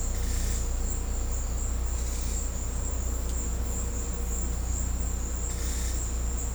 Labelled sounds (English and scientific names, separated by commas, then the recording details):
none
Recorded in secondary vegetation near Puerto Asís, Putumayo, Colombia, on 16 December 2024 at 14:00
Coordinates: 0.502, -76.326
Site G028